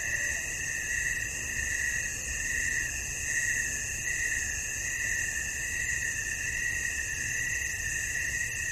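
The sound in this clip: Cricket trilling, a constant piercing high trill that swells and fades in a gentle pulse.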